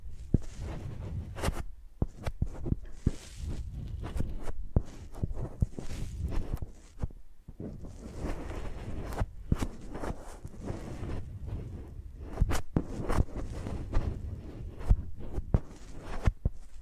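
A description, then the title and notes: Microphones are dragged and tapped like pencils, making a dense, scratchy rubbing with a heavy low thump underneath. Sharp clicks and knocks cut through irregularly, several every couple of seconds, with louder snaps near 2, 12.5 and 15.5 seconds and a brief lull around 7 seconds. Using Mics as Pencils (No Talking).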